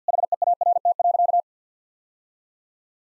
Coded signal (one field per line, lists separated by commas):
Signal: Morse code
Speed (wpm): 50 wpm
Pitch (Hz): 700 Hz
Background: none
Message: HEART.